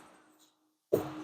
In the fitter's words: kind of force it in and it'll pop into place